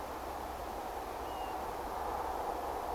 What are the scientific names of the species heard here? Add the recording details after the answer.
Pluvialis apricaria. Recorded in France